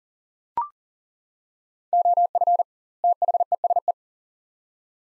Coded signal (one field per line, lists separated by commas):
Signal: Morse code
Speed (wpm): 40 wpm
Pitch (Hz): 700 Hz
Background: none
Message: OF THESE